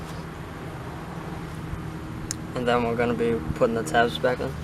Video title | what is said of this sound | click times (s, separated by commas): How to replace a trunk light switch on 2004 to 2009 Kia Spectra | sure to push it now so snaps into place and | 2.3 s